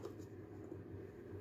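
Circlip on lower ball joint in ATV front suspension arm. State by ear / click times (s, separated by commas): not seated / none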